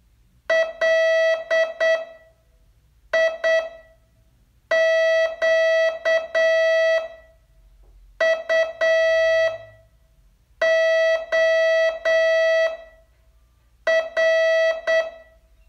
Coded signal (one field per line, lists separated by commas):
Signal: Morse code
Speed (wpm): 8 wpm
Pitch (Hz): 650 Hz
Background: none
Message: LIQUOR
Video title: Learn Morse in 42 Days from VU2LAU - day 32 test